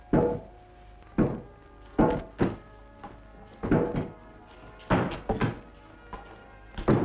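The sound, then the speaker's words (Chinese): A bed frame is pounded in the early morning to shake out bedbugs: about ten heavy, hollow wooden thuds at an uneven pace, some landing in quick pairs, with no voices. “做咩啊？炖木虱咯。”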